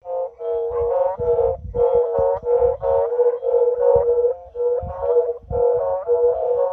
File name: Colombian Four Eyed Frog